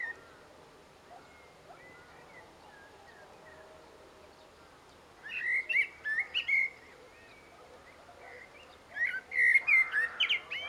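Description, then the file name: Eurasian blackbird giving two bursts of squeaky, twittering notes several seconds apart after a quiet start with faint bird calls. "Turdus merula"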